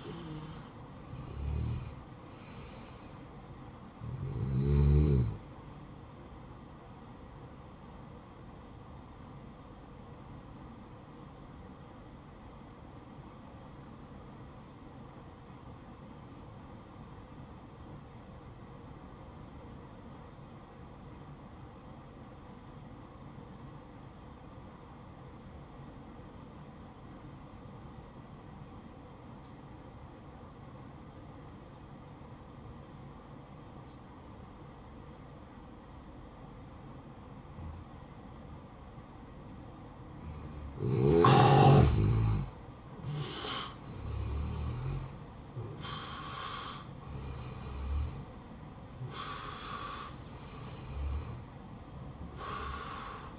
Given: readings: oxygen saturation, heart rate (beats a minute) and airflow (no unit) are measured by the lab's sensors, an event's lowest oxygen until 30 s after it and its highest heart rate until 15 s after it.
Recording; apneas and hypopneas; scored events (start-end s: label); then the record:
breathing in sleep by a smartphone at the bedside; 1
3.00-33.00 s: new sleep stage, N1 (lightest sleep)
9.00-42.00 s: hypopnea (N1, oxygen 96% highest, then 86% lowest, heart rate 55 at the start, 70 highest)
33.00-53.39 s: new sleep stage, awake
43.00-53.39 s: awake
From the record:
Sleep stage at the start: N2 (light sleep); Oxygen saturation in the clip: 86 to 96%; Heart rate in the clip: 55 to 69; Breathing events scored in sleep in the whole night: 573 in 9.8 hours asleep